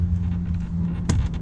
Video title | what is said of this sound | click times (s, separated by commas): 2019 RAM 1500 Rebel aFe Power cold air intake install (P.O.V.) | it clicked. Pull. | 1.1 s